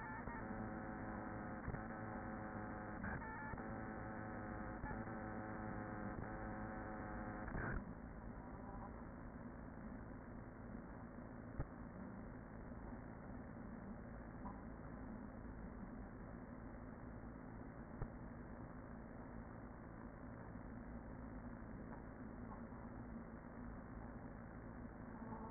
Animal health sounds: honeybee colony, microphone inside the hive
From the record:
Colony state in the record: queen present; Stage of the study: after two queens were removed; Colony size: about 40,000 bees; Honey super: no

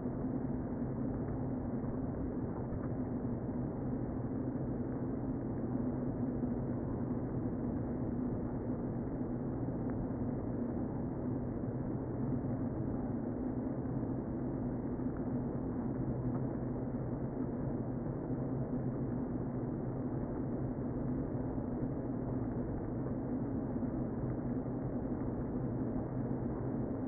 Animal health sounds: honeybee colony, microphone inside the hive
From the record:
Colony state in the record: queen present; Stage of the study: before two queens were removed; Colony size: about 60,000 bees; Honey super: yes

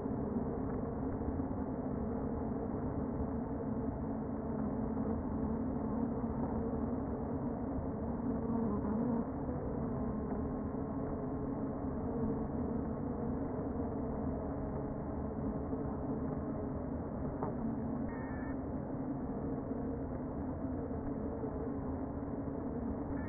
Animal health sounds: honeybee colony, microphone inside the hive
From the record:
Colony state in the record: queen present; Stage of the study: before two queens were removed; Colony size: about 60,000 bees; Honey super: yes

